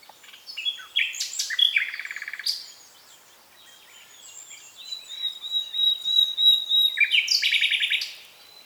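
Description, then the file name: Common nightingale song: short rattling bursts and sharp notes, a long thin whistle, then a rapid run of repeated chopping notes. "Luscinia megarhynchos"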